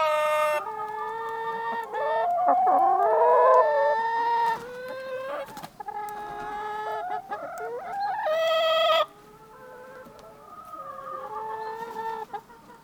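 Chicken clucks and drawn-out squawking calls, several long harmonic notes with wavering pitch, broken by short sharp clucks and brief pauses.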